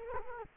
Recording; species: mosquito wingbeat signal from an infrared sensor; Culex quinquefasciatus